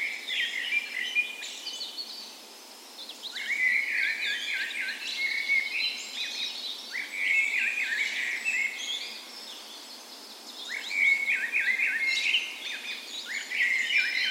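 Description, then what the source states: Dawn chorus with several birds singing: rapid bursts of chirping phrases that come in waves every few seconds, with quieter gaps between the louder bouts. Dawn chorus in a park west in Bergen, Norway, on the morning of 17 May, Norway's National Day, in spring; recorded with a Sony PCM A10 and LOM micro Usi mics as 'tree ears'.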